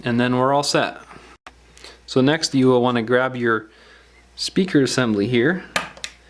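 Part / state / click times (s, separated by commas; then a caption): loudspeaker assembly into smartphone midframe / seated / 6.0 s. Someone talks while a loudspeaker assembly is pressed down into the midframe of an LG G3 smartphone. A single sharp snap is heard at 6.0 s as the speaker assembly seats in the frame.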